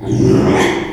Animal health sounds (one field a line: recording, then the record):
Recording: squeal of a Yucatan mini pig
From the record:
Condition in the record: after surgery on the right vocal fold (resection and tissue-engineered implant)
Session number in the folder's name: 3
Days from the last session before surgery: 33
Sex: male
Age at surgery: 12 weeks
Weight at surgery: 13 kg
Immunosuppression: cyclosporine, prednisolone